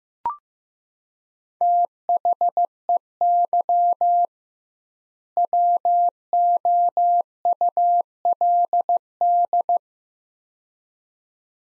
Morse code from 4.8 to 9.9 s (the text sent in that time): WOULD